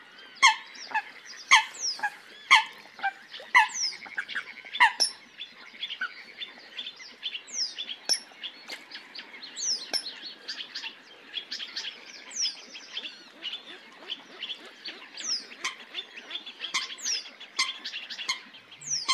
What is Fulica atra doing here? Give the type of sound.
call